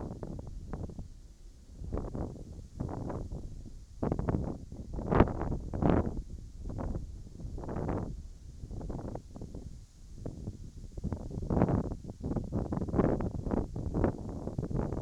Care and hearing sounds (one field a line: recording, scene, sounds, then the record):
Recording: everyday scene through a hearing-aid microphone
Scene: wind on the microphone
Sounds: wind, whistling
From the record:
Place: in front of a rural house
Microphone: in the ear canal, right